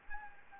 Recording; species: mosquito wingbeat signal from an infrared sensor; Anopheles gambiae